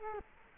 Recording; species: mosquito wingbeat signal from an infrared sensor; Culex quinquefasciatus